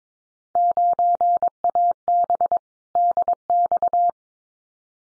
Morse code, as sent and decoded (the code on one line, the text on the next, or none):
----. .- -... / -.. -..-
9AB DX